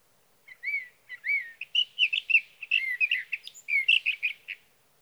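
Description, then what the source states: Sage thrasher song beginning with a couple of slurred whistles, then quickening into a jumbled warbling series of varied notes before stopping. Male singing through the night near his night roost, evening of June 12 to morning of June 15, 2018, Sierra Valley, California; Swift recorder.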